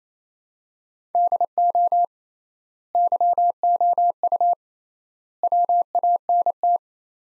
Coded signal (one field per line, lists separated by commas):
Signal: Morse code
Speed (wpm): 28 wpm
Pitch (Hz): 700 Hz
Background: none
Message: DO YOU WANT